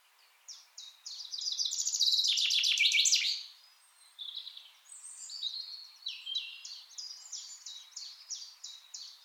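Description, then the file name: Common chaffinch gives a single loud trill of fast repeated notes that drops in pitch and ends in a flourish, with quieter chirps of other birds after. "Fringilla coelebs"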